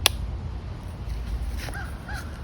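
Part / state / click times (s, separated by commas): flip-lock lever clamping the trekking pole section / seated / 0.1 s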